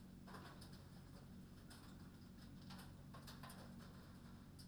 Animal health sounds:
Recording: poultry house recording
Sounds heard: no chicken sound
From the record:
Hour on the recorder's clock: 20

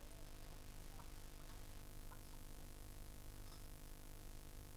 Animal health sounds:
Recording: poultry house recording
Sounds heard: healthy chickens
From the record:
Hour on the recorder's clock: 14

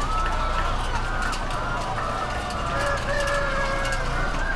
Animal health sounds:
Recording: poultry house recording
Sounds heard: healthy chickens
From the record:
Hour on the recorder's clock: 21

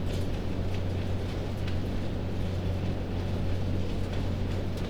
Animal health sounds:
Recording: poultry house recording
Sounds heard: no chicken sound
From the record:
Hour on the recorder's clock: 21

